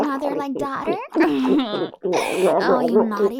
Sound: spit